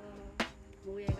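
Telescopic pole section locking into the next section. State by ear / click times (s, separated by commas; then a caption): seated / 0.4 s, 1.1 s. A telescopic camping pole is raised to about 1.8 m to hang a trash bag out of reach of wild boars, and a pole section is extended until it locks into the next section. Sharp clicks sound at 0.4 s and 1.1 s over a steady tonal background hum, and the section seats and locks.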